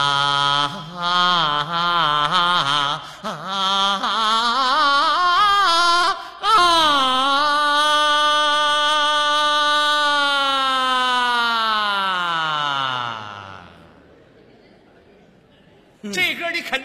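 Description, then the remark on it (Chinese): A voice wails in long, sliding tones that rise and fall like an ambulance siren, ending in a drawn-out slow descent before a brief pause and a short burst of sound, as a person vocalizes a tune for others to guess the song in a song-guessing game. “这是 喊救护车呢？嗷嗷的”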